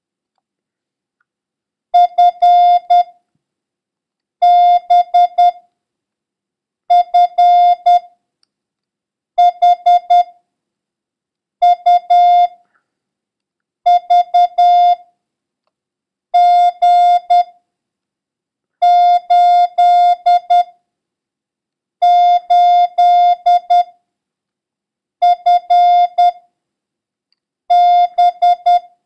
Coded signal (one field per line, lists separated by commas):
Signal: Morse code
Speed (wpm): 10 wpm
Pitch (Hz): 710 Hz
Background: none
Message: FBFHUVG88FB